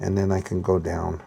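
A radio part for an FTM-510, with two lips and two slots, is being guided onto its slotted mount or bracket while someone talks. The part is lined up and about to be pressed down, but nothing has seated or clicked yet.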